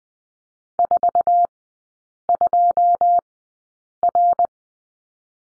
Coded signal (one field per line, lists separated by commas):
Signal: Morse code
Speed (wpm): 20 wpm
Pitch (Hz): 700 Hz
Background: none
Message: 42R